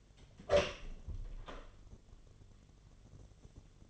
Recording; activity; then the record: daily activity, microphone in the room; open door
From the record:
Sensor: 4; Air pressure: 1007.9 hPa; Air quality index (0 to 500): 186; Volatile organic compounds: 6 ppm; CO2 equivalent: 1859 ppm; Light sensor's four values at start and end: 23/73/28/27 and 23/73/28/27